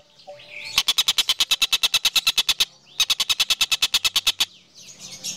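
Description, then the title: Sunbird song: rapid, even train of sharp high ticks in two bursts, the first about two seconds and the second a little shorter, separated by a brief pause, with faint chirps before and after. Kolibri Ninja song, melodious, clear and loud, suited as masteran for training cage birds. "Suara Kolibri Ninja Pilihan MERDU, JELAS DAN LANTANG Cocok Dijadikan Masteran Burung Anda"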